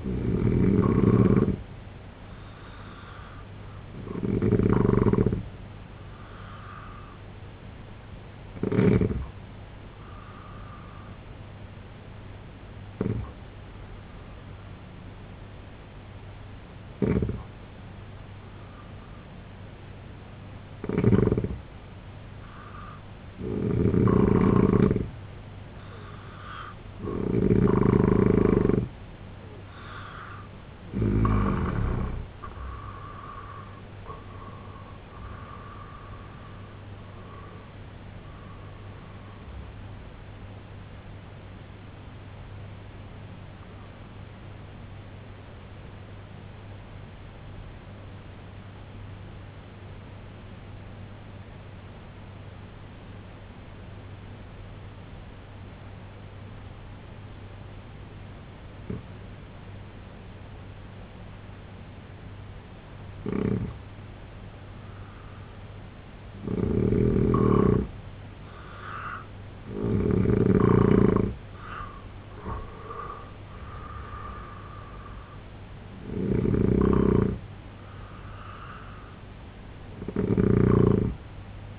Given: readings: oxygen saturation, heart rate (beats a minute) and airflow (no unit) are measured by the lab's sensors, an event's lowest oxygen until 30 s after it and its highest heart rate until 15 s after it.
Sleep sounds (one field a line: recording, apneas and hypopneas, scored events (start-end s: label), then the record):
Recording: breathing in sleep by a voice recorder at the bedside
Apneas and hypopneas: 2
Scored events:
10.00-30.30 s: hypopnea (N2, oxygen 92% highest, then 85% lowest, heart rate 71 at the start, 93 highest)
48.00-65.80 s: obstructive apnea (N2, oxygen 96% highest, then 86% lowest, heart rate 63 at the start, 91 highest)
67.00-81.79 s: new sleep stage, N1 (lightest sleep)
From the record:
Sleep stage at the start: N2 (light sleep)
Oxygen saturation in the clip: 85 to 96%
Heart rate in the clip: 63 to 93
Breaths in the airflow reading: 15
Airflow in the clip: -6.2 to 9.8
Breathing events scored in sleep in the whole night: 258 in 7.4 hours asleep